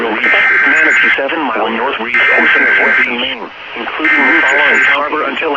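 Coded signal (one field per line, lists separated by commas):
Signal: Emergency Alert System (SAME) tones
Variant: header bursts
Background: speech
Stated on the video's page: Mock with valid tones depicting NOAA weather radio malfunctioning, suggesting a tampered ENDEC.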